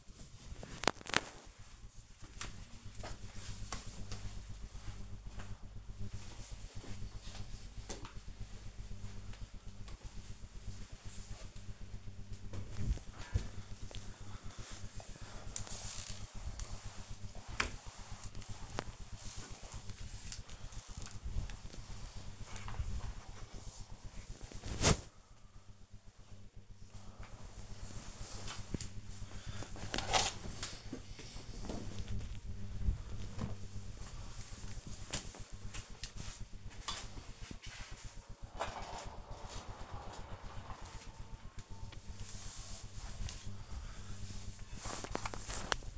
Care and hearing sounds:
household activities, microphone on the right wrist
9.84-45.98 s: floor cleaning

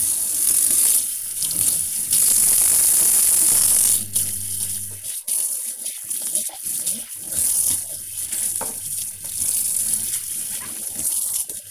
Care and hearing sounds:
household activities, microphone on the right wrist
0.00-11.71 s: washing dishes

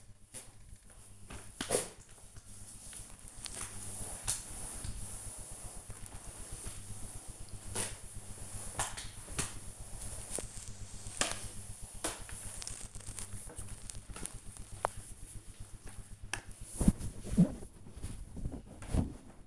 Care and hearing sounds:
household activities, microphone on the right wrist
0.00-15.97 s: floor cleaning

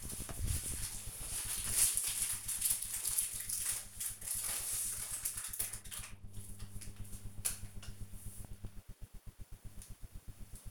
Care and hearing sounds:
household activities, microphone on the right wrist
0.00-10.71 s: floor cleaning

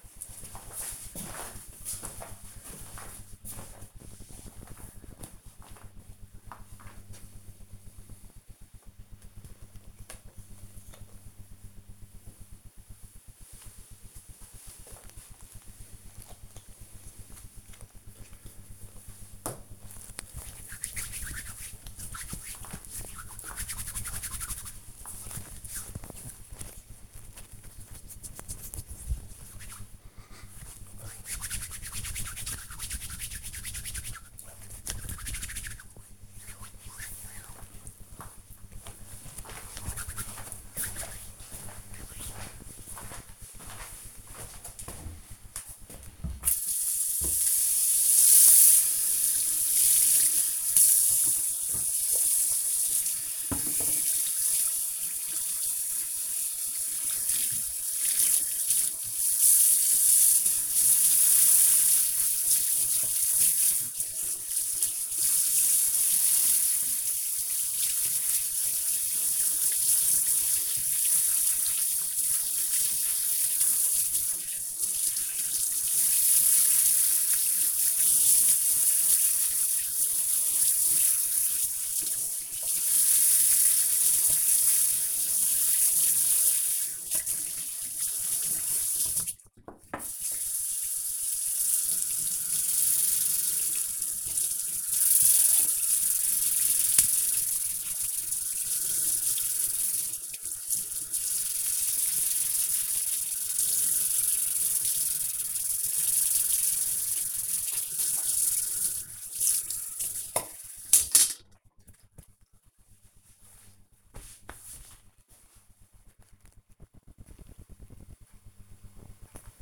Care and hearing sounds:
household activities, microphone on the right wrist
9.52-33.77 s: cream hands
45.85-110.32 s: washing dishes

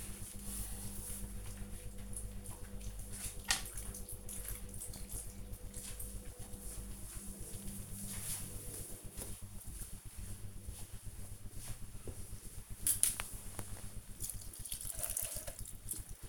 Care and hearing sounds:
household activities, microphone on the right wrist
0.00-16.29 s: watering plant

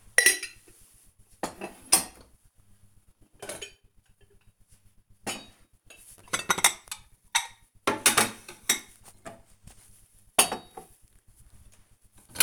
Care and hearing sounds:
household activities, microphone on the right wrist
0.00-12.43 s: putting away the dishes

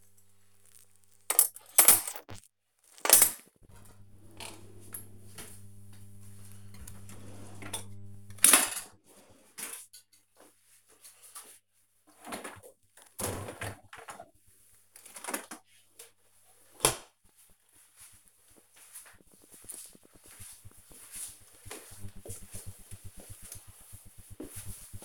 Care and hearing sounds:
household activities, microphone on the right wrist
0.00-16.70 s: cleaning out the dishwasher

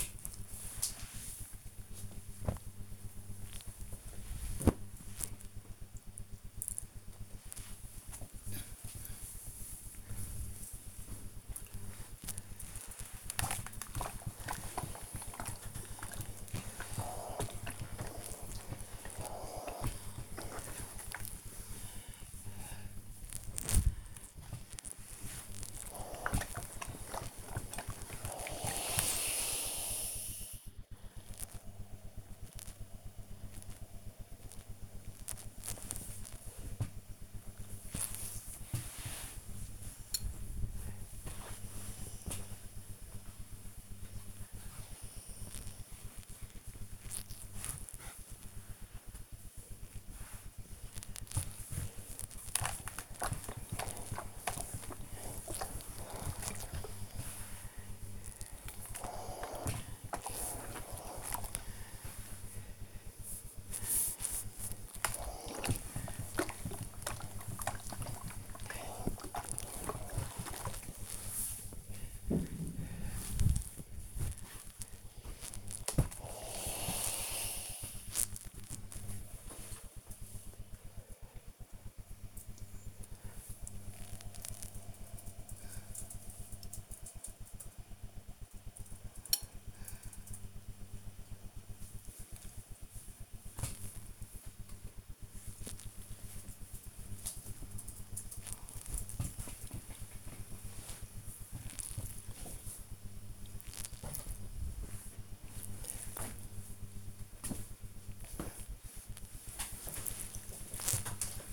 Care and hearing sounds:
household activities, microphone on the right wrist
0.00-2.81 s: folding laundry
6.83-78.32 s: ironing laundry
94.47-106.53 s: folding laundry

